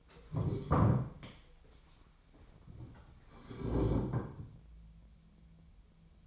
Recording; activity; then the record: daily activity, microphone in the room; stand up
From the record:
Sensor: 1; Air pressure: 1015.2 hPa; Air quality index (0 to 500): 198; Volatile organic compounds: 23 ppm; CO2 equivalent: 2780 ppm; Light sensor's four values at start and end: 13/31/13/14 and 13/31/13/14